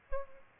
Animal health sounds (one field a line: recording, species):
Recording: mosquito wingbeat signal from an infrared sensor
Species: Aedes aegypti